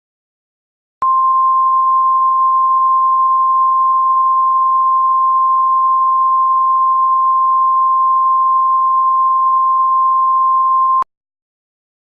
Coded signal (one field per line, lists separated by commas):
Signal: Emergency Alert System (SAME) tones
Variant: 1050 Hz attention tone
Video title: Remastered EAS: NJ-NY Tsunamis